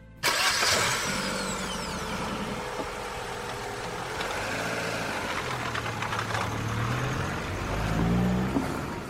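car engine starting

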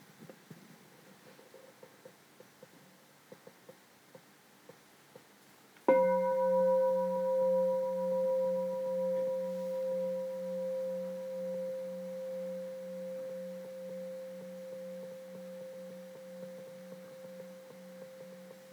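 meditation bell ringing

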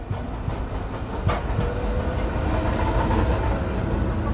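tram passing by

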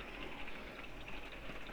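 rain falling

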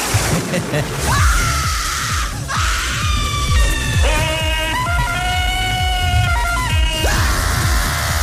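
women screaming with joy

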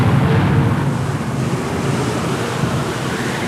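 stormy wind

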